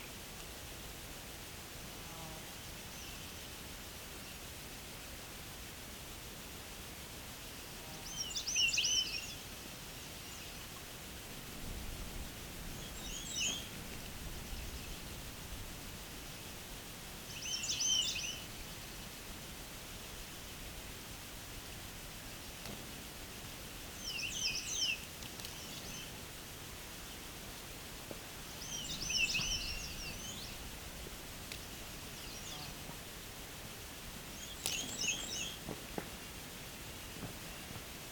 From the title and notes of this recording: It's late afternoon during the summer solstice of 2021, a time of the day when the birds are singing at a slower, more relaxed pace in the quiet soundscape of the Bruce Peninsula National Park in Ontario, Canada. Songbirding was recorded, engineered, narrated and created by ….